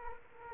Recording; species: mosquito wingbeat signal from an infrared sensor; Culex quinquefasciatus